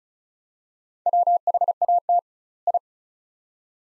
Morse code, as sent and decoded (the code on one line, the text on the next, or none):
.-- .... .- - / ..
WHAT I